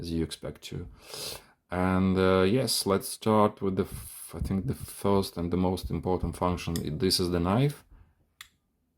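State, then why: Seated. The folding knife blade of a DeWalt 16-in-1 metal multi-tool (DWHT71843) is opened until it locks into the handle. Someone talks for most of the clip, then a short, sharp click at 8.4 s marks the blade locking open and seated.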